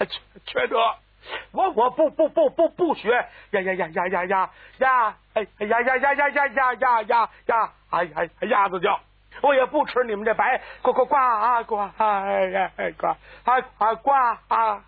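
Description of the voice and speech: A man speaking Mandarin, in a comedic imitation of a severe stutter, gets caught on syllables: 'bu' repeats five times, then 'ya' runs eight to ten times in a row, and 'gua' recurs. These rapid, rhythmic part-word repetitions are a performed imitation of stuttering.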